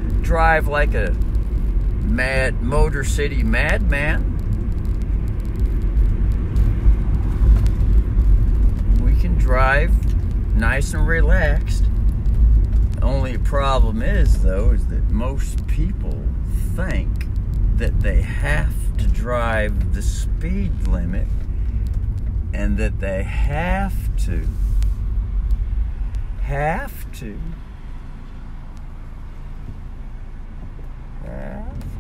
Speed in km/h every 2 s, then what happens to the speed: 38, 37, 35, 35, 30, 27, 25, 23, 20, 19, 16, 16, 13, 10, 10, 10.
0-7 steady at about 35. 7-25 slows to 10. 25-32 steady at about 10.